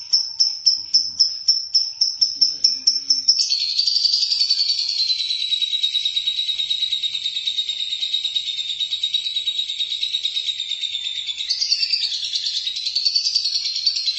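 Lovebird song: a series of sharp high chirps, then a long, continuous, shrill, buzzy trill that holds steady with slight wavering and brief rises near the end.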